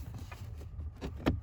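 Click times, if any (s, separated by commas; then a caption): none. A plastic wiring connector is being handled and pushed toward a replacement HVAC blend door actuator behind the passenger-side dash of a 2009 Ford Flex. Low rumble and faint rustling are heard, with a short burst near 1.0 seconds and a louder knock around 1.3 seconds. Nothing has seated or clicked yet.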